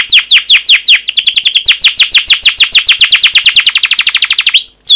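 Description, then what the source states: Canary song: a rapid series of downslurred whistled notes, many per second, ending in a brief rising note. Long training song recording for teaching canaries.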